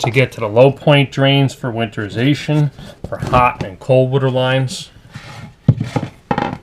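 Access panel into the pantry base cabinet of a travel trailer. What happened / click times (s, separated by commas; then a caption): Panel handled, not yet seated / none. Someone talks about the removable access panel under the pantry base cabinet of a 2016 Airstream International Serenity 23FB travel trailer, which opens to the low-point drains used to winterize the hot and cold water lines. Sharp handling knocks follow near 5.7 s and 6.3 s as the panel is pressed back into its opening by hand, a snap-in fit that needs no screwdriver. The clip ends before the panel goes home, so nothing has seated or clicked yet.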